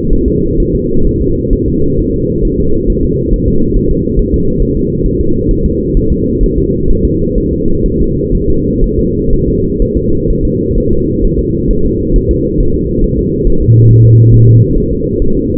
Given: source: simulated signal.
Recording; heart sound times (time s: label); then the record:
fetal heart sounds
0.13 s: S1
0.28 s: S2
0.60 s: S1
0.75 s: S2
1.07 s: S1
1.22 s: S2
1.53 s: S1
1.68 s: S2
1.99 s: S1
2.14 s: S2
2.45 s: S1
2.60 s: S2
2.90 s: S1
3.04 s: S2
3.33 s: S1
3.48 s: S2
3.76 s: S1
3.91 s: S2
4.19 s: S1
4.34 s: S2
4.62 s: S1
4.77 s: S2
5.06 s: S1
5.21 s: S2
5.51 s: S1
5.66 s: S2
5.97 s: S1
6.12 s: S2
6.44 s: S1
6.58 s: S2
6.90 s: S1
7.05 s: S2
7.38 s: S1
7.53 s: S2
7.86 s: S1
8.01 s: S2
8.35 s: S1
8.50 s: S2
8.84 s: S1
8.99 s: S2
9.33 s: S1
9.48 s: S2
9.82 s: S1
9.97 s: S2
10.30 s: S1
10.45 s: S2
10.78 s: S1
10.92 s: S2
11.25 s: S1
11.39 s: S2
11.71 s: S1
11.85 s: S2
12.16 s: S1
12.31 s: S2
12.60 s: S1
12.75 s: S2
13.04 s: S1
13.19 s: S2
13.47 s: S1
13.62 s: S2
13.91 s: S1
14.05 s: S2
14.34 s: S1
14.49 s: S2
14.78 s: S1
14.92 s: S2
15.22 s: S1
15.37 s: S2
From the record:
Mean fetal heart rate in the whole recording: 130 bpm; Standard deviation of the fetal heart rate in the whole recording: 4 bpm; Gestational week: 38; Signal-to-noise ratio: -16.4 dB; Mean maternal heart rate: 72 bpm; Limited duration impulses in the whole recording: present